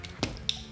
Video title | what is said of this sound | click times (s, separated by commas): Kemimoto Fang Lights 2019+ Polaris RZR/Turbo - Review & Installation | Okay, now it's all snapped in. | 0.5 s